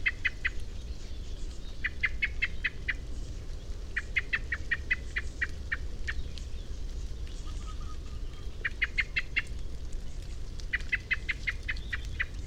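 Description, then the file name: Common blackbird uttering several bursts of rapid, sharp chattering notes, with steady low background noise. "Turdus merula"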